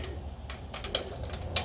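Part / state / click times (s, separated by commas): torque wrench on transmission oil pan bolt / torque reached / 1.6 s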